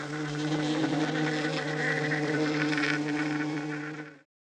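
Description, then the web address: Bee buzzing, a steady low hum lasting about four seconds before cutting off. "znane owady pszczoly dzwiek"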